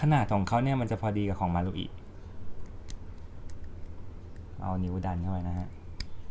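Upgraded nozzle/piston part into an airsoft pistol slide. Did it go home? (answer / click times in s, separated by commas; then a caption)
yes / 6.0 s. An upgraded nozzle/piston part is pushed with a finger into the slide of a Tokyo Marui Hi-Capa gas blowback airsoft pistol while someone talks. Faint ticks sound along the way, and a sharp click at 6.0 s marks the part locking into place, seated with an exact fit.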